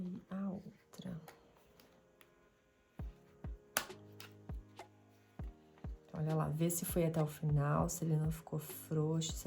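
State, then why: Seated. A plastic locking washer is pushed onto the shank of a second safety eye in an amigurumi piece, and someone talks before and after. A sharp click at 3.8 seconds marks the washer seating fully, and it is then checked to be all the way down and not loose.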